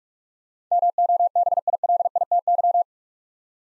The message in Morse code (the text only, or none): MOBILITY